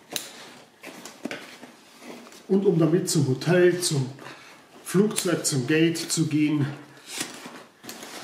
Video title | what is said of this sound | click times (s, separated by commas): Outdoor Test: 🧳Bach Dr. Duffel ideal 🏝zum 🏜Reisen 🗺und für den Sport🏟 | dann einfach einklipsen | 0.2 s